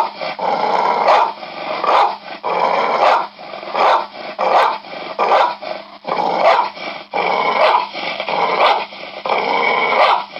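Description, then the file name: American Pit Bull Terrier: dog giving rough, throaty barks mixed with continuous snarling growls, in several irregular bursts. "Pitbull Barking"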